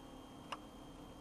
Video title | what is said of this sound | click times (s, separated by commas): Tool of the Day / Week: #016 | until you hear a click and they usually | 0.5 s